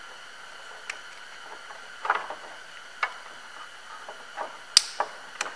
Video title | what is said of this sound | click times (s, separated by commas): 2016 - 2020 Honda Civic LED Headlight upgrade how to install | So you hear it click and that's interlocked in there. | 4.8 s